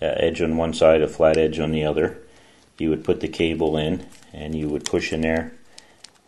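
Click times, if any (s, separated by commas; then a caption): 5.8 s, 6.1 s. Someone talks while pushing a punch-down tool, with a sharp edge on one side and a flat edge on the other, to seat a network cable conductor into the insulation-displacement slot of a plastic RJ45 keystone jack. Sharp snaps come at 5.8 s and 6.1 s as the tool cuts the cable and the wire seats in the terminal.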